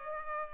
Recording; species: mosquito wingbeat signal from an infrared sensor; Culex pipiens